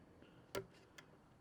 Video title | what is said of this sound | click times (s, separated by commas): How to install Lowrance Eagle eye 9 with live Sonar | like so and lock it in and you can pull on that cable and it's not going to come out | 0.5 s, 1.0 s